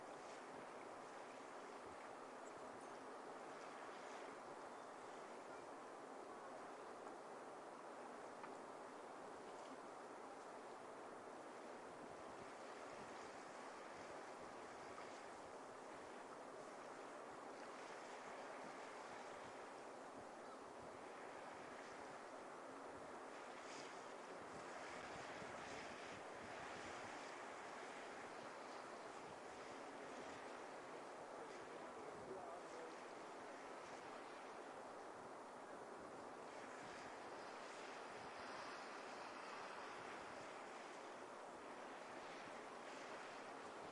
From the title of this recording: Ocean Waves at Camusdarach Beach, Mallaig, Scotland